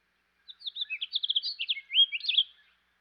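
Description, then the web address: House finch giving one continuous warbling song of about two seconds, a fast jumble of high chirps and slurred notes. Eastern North America. "Dan Gibson Wildlife Identification By Sound, Eastern North America Pt 2. House Finch"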